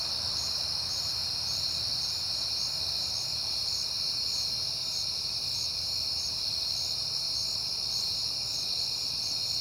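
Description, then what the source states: Crickets trill in a dense, regular pulsing chorus over a soft low rumble. Crickets on a peaceful night in September.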